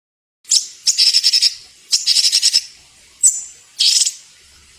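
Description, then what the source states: Bird song of two rapid pulsed trills followed by a whistled note and a short chirp burst. Training song (masteran) for songbirds.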